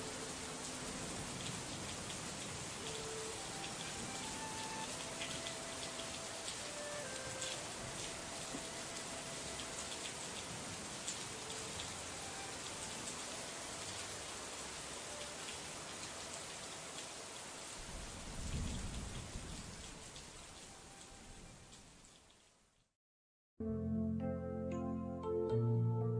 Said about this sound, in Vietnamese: Bên ngoài trời vẫn mưa như trút.